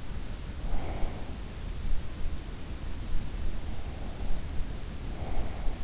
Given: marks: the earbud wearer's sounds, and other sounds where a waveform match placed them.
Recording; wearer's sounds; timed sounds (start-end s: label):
sounds in sleep by an in-ear microphone; breath
0.74-1.32 s: breath
5.01-5.84 s: breath